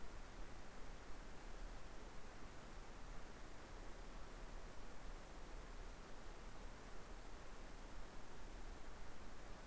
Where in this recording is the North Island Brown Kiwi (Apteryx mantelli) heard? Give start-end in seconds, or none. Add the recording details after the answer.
none. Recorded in New Zealand on 3 November 2013. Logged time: 01:58. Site CV71